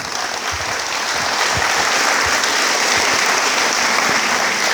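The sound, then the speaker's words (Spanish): Steady, dense applause from a crowd welcoming a doctor to speak, loud and sustained for several seconds with many overlapping claps and no voices over it. “Me lo recibe con fuerte aplauso.”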